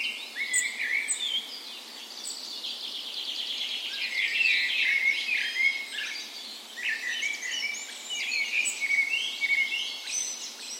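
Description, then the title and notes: Dawn chorus of many birds singing at once, overlapping whistles, trills and chirps crowding together throughout. Dawn chorus in a park west in Bergen, Norway, on the morning of 17 May, Norway's National Day, in full spring; Sony PCM A10 recorder with LOM Usi microphones mounted as tree ears. "17th Of May Dawn Chorus. Recorded on the morning of Norways National Day the 17th of May in a park west in Bergen. Spring is in full effect, and the dawn chorus sounds wonderful!"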